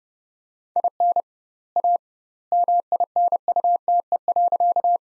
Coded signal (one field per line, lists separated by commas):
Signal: Morse code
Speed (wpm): 30 wpm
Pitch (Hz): 700 Hz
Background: none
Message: IN A MINUTE.